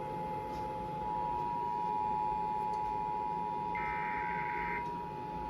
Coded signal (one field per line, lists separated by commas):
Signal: Emergency Alert System (SAME) tones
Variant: 853 and 960 Hz attention tone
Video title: EAS #58 - Tornado Warning for Mobile, AL